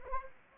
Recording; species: mosquito wingbeat signal from an infrared sensor; Anopheles gambiae